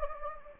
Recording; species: mosquito wingbeat signal from an infrared sensor; Anopheles gambiae